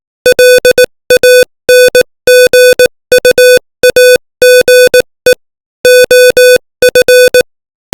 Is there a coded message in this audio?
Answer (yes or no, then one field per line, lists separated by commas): yes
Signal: Morse code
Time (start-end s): 0.3-7.4 s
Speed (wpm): 18 wpm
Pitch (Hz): 500 Hz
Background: music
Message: LANGUAGE OF